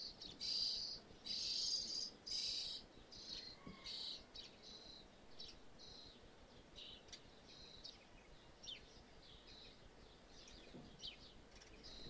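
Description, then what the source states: Birds give harsh, hissing calls in loud bursts for the first three seconds, then softer scattered chirps and hisses. Birds feeding in a roof space; stereo recording.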